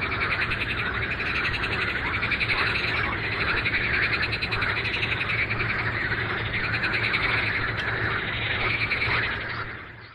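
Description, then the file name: Marsh frog: continuous pulsed, rattling croaking, with a low steady hum beneath. "Pelophylax ridibundus"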